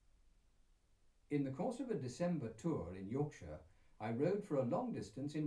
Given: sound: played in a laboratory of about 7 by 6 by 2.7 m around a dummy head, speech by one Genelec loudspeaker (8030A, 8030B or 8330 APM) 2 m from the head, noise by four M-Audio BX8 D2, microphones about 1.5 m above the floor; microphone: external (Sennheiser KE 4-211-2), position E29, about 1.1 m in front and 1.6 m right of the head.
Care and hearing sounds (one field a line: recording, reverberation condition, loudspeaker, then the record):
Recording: male speech in English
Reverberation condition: low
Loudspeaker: 30 degrees to the left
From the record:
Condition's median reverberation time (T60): about 310 ms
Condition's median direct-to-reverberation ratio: about 3.5 dB